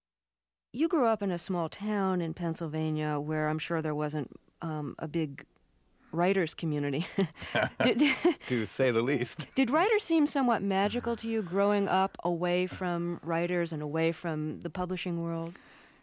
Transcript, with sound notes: You grew up in a small town in Pennsylvania where I'm sure there wasn't a big writers' community.
(SOUNDBITE OF LAUGHTER)
To say the least.
Did writers seem somewhat magical to you growing up away from writers and away from the publishing world?